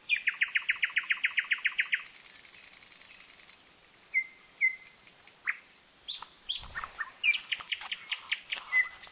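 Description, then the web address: Common nightingale song starting with a rapid, loud run of many identical chirps, then pauses, soft whistles and another fast chattering series. Sung at night. "rossignol chant de nuit"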